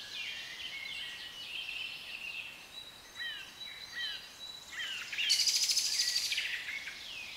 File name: Birds Atmosphere - Nature Sounds - British Birds